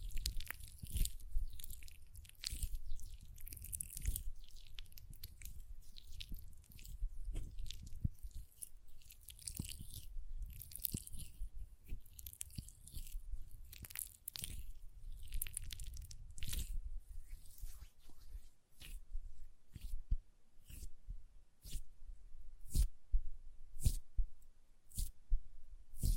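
Hand sounds with nail tapping and lotion: for the first eighteen seconds, dense, crackly, squishy rubbing with a low rumble underneath. After that the texture thins, leaving sharp, bright nail taps at a fairly steady pace of about one per second until the end.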